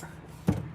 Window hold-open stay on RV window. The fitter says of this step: you'll hear the clicking you kind of leave it there